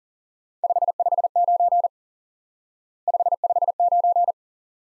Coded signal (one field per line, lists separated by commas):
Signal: Morse code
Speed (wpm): 42 wpm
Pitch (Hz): 700 Hz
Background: none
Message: 559 559